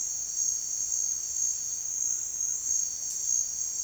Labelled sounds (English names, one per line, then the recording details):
none
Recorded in secondary vegetation near Puerto Asís, Putumayo, Colombia, on 29 June 2025 at 16:00
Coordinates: 0.485, -76.322
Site GP06